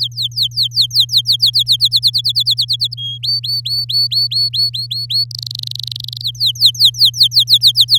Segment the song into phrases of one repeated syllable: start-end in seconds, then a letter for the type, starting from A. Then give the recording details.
0.01-1.76 A, 1.80-2.94 B, 2.97-3.18 C, 3.23-5.24 D, 5.31-6.22 E, 6.23-7.99 A. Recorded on 9 May 2018 at 06:01. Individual llb16